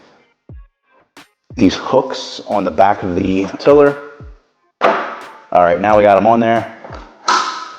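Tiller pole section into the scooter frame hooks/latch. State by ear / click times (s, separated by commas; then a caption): seated / 7.3 s. While reassembling an EV Rider Nomad portable mobility scooter, the tiller pole is lined up, hooked onto the hooks on the rear frame section, and pushed home as someone talks. A sharp thud-click at 7.3 s marks the tiller section seating back into place in the frame's latch.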